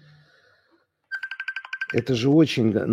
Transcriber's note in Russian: Звонок